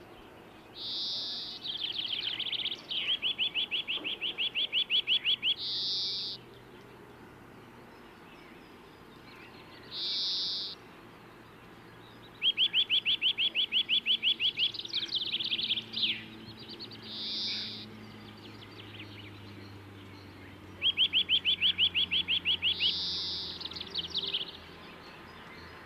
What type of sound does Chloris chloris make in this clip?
song